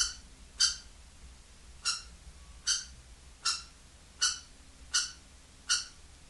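Kestrel calls, sharp harsh notes repeated singly at fairly even intervals, seven in all, over a faint low hum.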